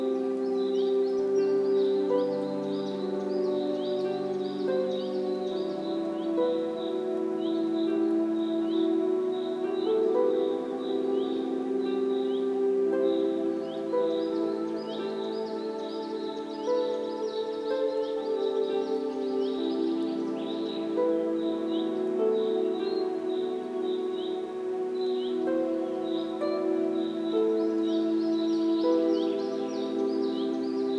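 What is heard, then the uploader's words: Soft, sustained harp-like music fills the clip, with mellow notes ringing and overlapping as the chords slowly shift. High, quick bird chirps twitter steadily above it throughout, a little in the background. The volume stays even from start to finish. Relaxing Forest sounds with Music. Bird calls and harp Music.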